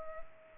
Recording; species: mosquito wingbeat signal from an infrared sensor; Culex pipiens